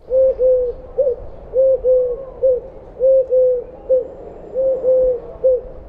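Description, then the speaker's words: Eurasian collared dove calling in clear, steady three-note phrases, the middle note held longest and the last one brief, repeated four times. Clear three-syllable call rendered roughly as 'du, du, du'. "Türkentaube ruft klar und dreisilbig etwa du, du, du."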